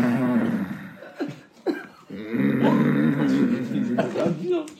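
A man imitates a father's loud snoring: low, rough, rattling voiced rumbles broken by short catches of breath. The sound meant the father was deeply asleep and would not wake up.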